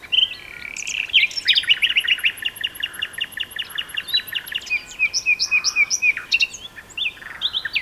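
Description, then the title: Common nightingale delivering a long steady series of rapid repeated notes under a thin high whistle, followed by quick rising slurred phrases. Two birds singing in a duet on Westleton Heath. "sanderson. nightingale duet on westleton heath"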